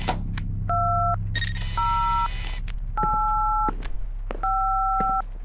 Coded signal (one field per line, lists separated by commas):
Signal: DTMF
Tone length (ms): 630 ms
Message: 2085